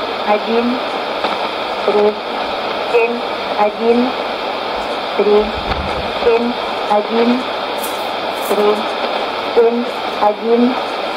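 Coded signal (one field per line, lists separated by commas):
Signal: numbers station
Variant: S06s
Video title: 10 08 2015 Numbers Station S06s 0832 on 8221 CUSB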